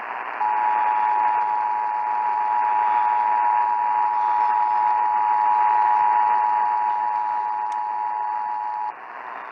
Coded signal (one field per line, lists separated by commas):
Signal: Emergency Alert System (SAME) tones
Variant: 853 and 960 Hz attention tone